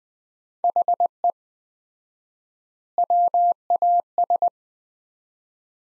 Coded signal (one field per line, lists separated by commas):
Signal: Morse code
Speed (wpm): 20 wpm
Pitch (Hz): 700 Hz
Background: none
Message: HE WAS